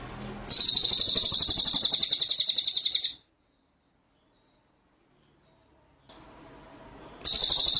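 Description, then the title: White-rumped shama song: a long run of fast, high buzzy pulses lasting about two and a half seconds, then silence and faint background hiss before the trill resumes. Masteran (training) track of full song in ngerol (rolling) and nembak (shooting) style. "Masteran Murai Batu Full Ngerol Nembak"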